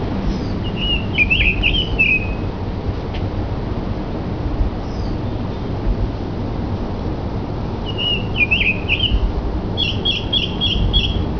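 American robin song, short clear warbled phrases, one burst near the start and two more near the end, over heavy low rumbling background noise.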